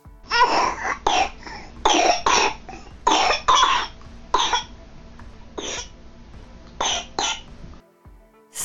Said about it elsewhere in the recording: A bronchiolitis cough. The cough is persistent and dry. It can sometimes be so deep in their chest and so irritating that it can almost sound like there's mucus down there. Bronchiolitis is a condition which describes inflammation and irritation in your baby's lungs, and RSV is the leading cause of this.